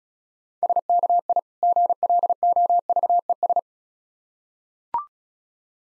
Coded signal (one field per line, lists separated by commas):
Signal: Morse code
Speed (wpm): 36 wpm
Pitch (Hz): 700 Hz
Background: none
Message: SKI GLOVES